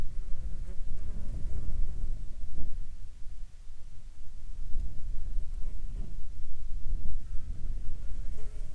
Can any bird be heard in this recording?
no